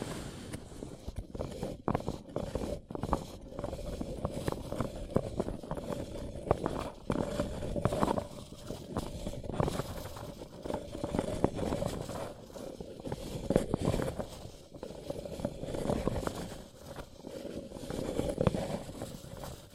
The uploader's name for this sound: Paper Cup Tingles